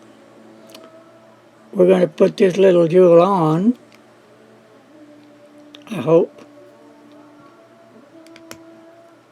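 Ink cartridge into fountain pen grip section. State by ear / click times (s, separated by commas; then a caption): seated / 8.5 s. Someone talks while an ink cartridge (or converter) is pushed onto the grip section of a Waterman fountain pen, with a few faint ticks in the quiet afterward. A sharp pop at 8.5 s marks the cartridge seating onto the pen section.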